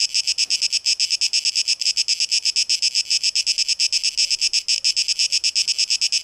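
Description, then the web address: Cicadas producing a strongly pulsing, high-pitched rattle-buzz throughout. Cicadas on 12 August 2023. "rauschpartikel Audio 2023-08-12 Zikaden"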